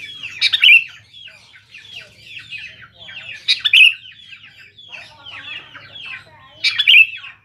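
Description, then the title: Sooty-headed bulbul singing, a loud bright phrase repeated about every three seconds, with softer warbling chatter filling the gaps between. "Kutilang"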